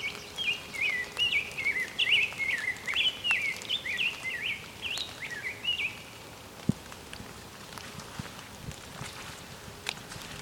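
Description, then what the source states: American Goldfinch giving a run of bright, bouncy chirping calls in a rapid series for about six seconds, then stopping, leaving background hiss with a few faint clicks. A couple of birds.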